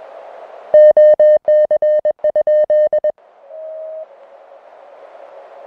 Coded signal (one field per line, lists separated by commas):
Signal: Morse code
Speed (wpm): 22 wpm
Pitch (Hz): 610 Hz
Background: music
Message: OC?